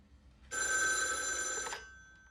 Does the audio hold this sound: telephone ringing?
yes